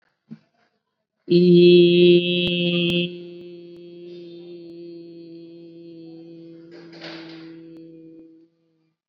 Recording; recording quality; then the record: sustained vowel as in beet; excellent, no background noise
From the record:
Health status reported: COVID-19 positive, mild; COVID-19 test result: positive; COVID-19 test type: RT-PCR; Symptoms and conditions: cough, fever, fatigue, muscle pain, diabetes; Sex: female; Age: 36 years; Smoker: no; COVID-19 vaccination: both doses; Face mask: worn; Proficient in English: yes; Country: India